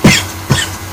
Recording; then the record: coughing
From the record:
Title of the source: Dry Coughing Fit in the Afternoon.